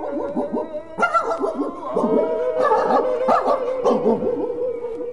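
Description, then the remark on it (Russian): Several police dogs bark in loud, overlapping bursts, a steady yapping chorus that starts after a brief quieter moment and keeps going with sharp, high-pitched yelps mixed in. “Он нанял в городе дураков, полицейских собак, и поклялся схватить меня живым или мертвым.”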